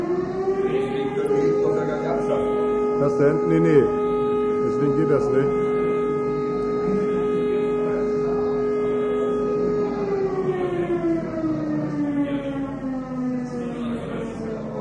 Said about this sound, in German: Wir haben hier die Sirene für den ganzen Landkreis. Also wenn irgendwo was brennt, dann geht hier die Sirene los.